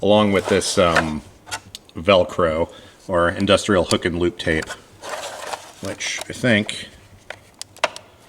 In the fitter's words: yeah you can hear that click into place there